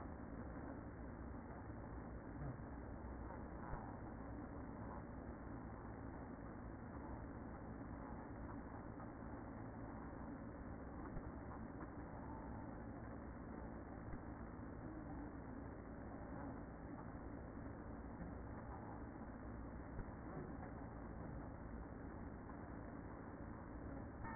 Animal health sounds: honeybee colony, microphone inside the hive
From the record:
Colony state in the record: queen present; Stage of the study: after two queens were removed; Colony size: about 60,000 bees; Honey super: yes

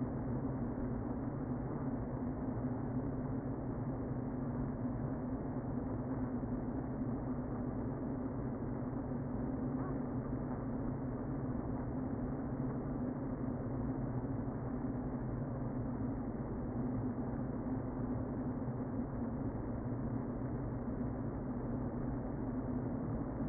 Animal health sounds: honeybee colony, microphone inside the hive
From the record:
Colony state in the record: queen present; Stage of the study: before two queens were removed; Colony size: about 60,000 bees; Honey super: yes

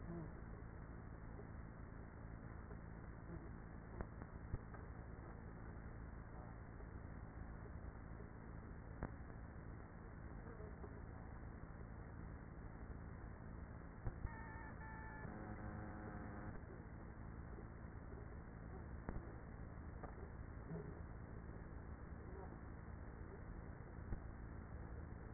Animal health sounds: honeybee colony, microphone inside the hive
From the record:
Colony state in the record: queenless with a low population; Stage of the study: after two queens were removed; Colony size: about 30,000 bees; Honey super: no

